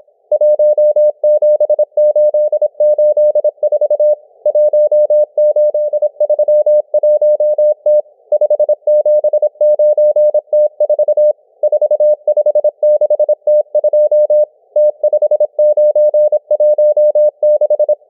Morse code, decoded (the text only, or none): 17884 1831T 579T4 456T2 T5916